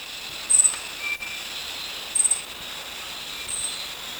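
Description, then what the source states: Bornean stubtail calls: very high, thin, sibilant notes given three times about every one and a half seconds over a steady high background hum. Recorded at Danum on 1 March 2008.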